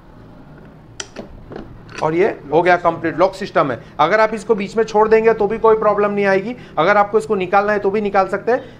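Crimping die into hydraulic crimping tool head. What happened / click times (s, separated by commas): A metal insert snapped into place in the tool head / 1.0 s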